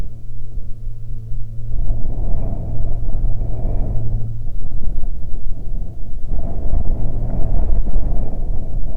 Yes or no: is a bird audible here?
no